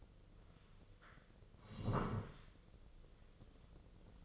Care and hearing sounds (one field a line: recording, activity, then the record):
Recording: daily activity, microphone in the room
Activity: sit down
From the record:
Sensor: 4